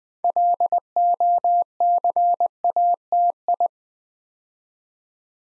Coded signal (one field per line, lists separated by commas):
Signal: Morse code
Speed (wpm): 20 wpm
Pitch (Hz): 700 Hz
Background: none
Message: LOCATI